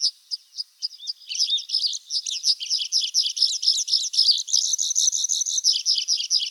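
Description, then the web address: Pipit song: rapid high chirps, spaced at first, then quickening into a dense, continuous jingling trill. "animal-sound pipit-sound"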